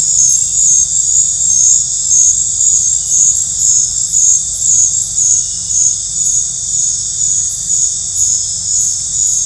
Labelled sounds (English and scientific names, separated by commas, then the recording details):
none
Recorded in dense forest near Puerto Asís, Putumayo, Colombia, on 20 December 2024 at 19:00
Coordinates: 0.468, -76.322
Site G071